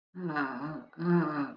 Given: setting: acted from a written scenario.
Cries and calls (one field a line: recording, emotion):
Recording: vocal sound without words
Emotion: guilt